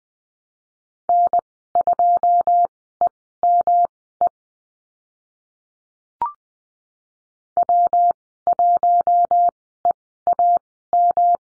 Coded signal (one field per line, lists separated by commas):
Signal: Morse code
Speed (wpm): 19 wpm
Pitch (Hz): 700 Hz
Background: none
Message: N2EME W1EAM